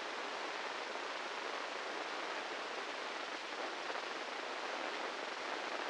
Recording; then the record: brain microelectrode recording played as sound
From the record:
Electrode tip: inside the subthalamic nucleus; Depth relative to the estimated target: -3 mm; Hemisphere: right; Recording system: NeuroSet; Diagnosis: Parkinson's disease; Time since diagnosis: 8 years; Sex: male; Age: 58 years